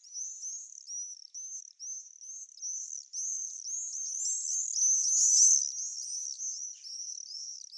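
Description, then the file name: Common swift giving shrill, rasping screams almost continuously, repeated about twice a second, swelling into a louder overlapping chorus midway before thinning out again. "Martinet noir Apus apus Ollivier Swift"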